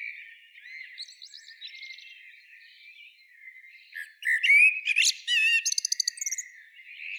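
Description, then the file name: Common blackbird calling with a jumble of high chirps, squeaks and rapid clicking notes, a louder burst of chattering notes in the second half. "Turdus merula"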